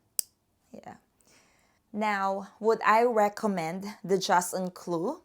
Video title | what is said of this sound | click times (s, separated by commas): Cartier JUSTE UN CLOU REGULAR REVIEW - Would I recommend this piece? | And yeah, and then just hear the click. Yeah. | 0.2 s